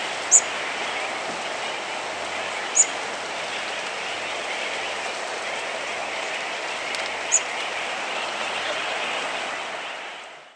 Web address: warblers bwwa bwwafl